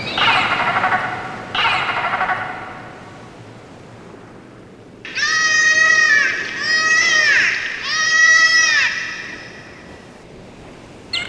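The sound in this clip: Dolphin burst-pulse sounds and whistles: two broad buzzy bursts, a quiet gap, then three harmonic whistle bouts with dipping and rising contours, and a short final burst.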